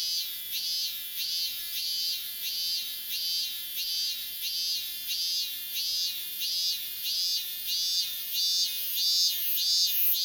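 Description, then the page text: Robust cicada song: strident metallic buzzing rising and falling in steady pulses, roughly a hundred per minute, growing slightly louder near the end. Song said to sound like 'mi-n'; heard in midsummer. "東京では街中でも ミンミンゼミ が多く、真夏になればどこからともなくミ−ンという鳴き声が聞こえてきます。"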